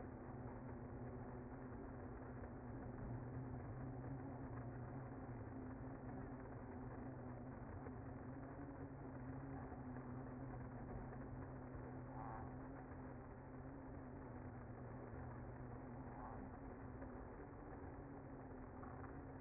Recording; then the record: honeybee colony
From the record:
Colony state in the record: active